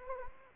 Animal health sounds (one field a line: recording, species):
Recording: mosquito wingbeat signal from an infrared sensor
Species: Anopheles arabiensis